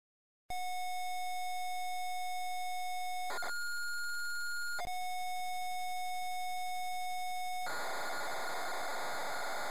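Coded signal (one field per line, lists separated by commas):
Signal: computer data on cassette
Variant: Amstrad CPC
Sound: steady buzzy lead tone, brief higher tone, lead tone again, then harsh rasping data noise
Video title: Camelot Warriors (Amstrad CPC) - Full tape loading sequence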